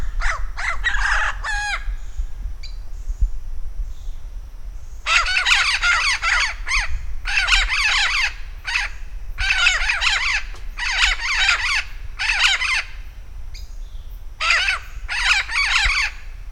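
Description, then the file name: Vinaceous-breasted amazon giving loud, harsh squawking calls in rapid bursts of several notes, with pauses between bouts. Recorded at Campos do Jordão, São Paulo, Brazil, on 3 December 2009. "Amazona-vinacea-PECampos-do-Jord-SP-3-12-09-ASilveira"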